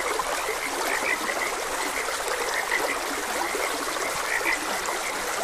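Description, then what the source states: Frogs croaking, a few brighter notes standing out from a steady chorus, over continuous running water. Frogs croaking beside a gentle stream.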